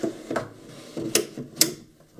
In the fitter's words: tu fermes et ça va se clipser